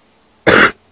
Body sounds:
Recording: coughing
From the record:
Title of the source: 30 Chesty and wet cough

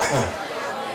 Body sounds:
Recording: coughing mixed with background sound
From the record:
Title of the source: Spring Cold Coughing 2

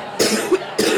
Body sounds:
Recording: coughing mixed with background sound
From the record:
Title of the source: 60 coughing still (deep and wet cough)

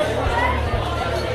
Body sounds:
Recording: background sound without coughing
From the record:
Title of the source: CITY SOUNDS Busy Bar in the Evening Night - 2 HOURS of Ambiance for Relaxation

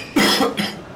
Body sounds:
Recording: coughing mixed with background sound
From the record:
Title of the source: Man Coughing Sound - Wet Cough Sound Effect

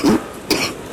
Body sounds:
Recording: coughing mixed with background sound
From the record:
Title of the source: 31 night wet cough

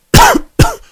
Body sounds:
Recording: coughing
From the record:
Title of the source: Coughing 51

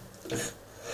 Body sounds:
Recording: coughing mixed with background sound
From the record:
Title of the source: Cough Around the Clock!

